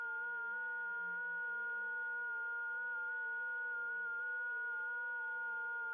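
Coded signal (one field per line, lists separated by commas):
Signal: FT8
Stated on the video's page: Received on an ICOM 7610 with a two-element hex beam, 100 W, on the 50 and 28 MHz bands.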